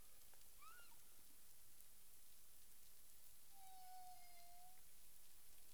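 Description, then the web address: Humpback whale calls: a short rising chirp early on, then a long flat tonal note, against constant underwater noise. Recorded in the Caribbean on 9 April 2002 at 18:06 UTC. "CARIMAM. humpback whale"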